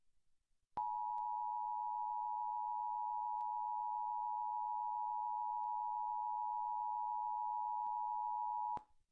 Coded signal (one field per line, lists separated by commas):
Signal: Emergency Alert System (SAME) tones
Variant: 853 and 960 Hz attention tone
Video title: EAS: Pennsylvania Required Monthly Tests (5/16/19) (EAS #33-36)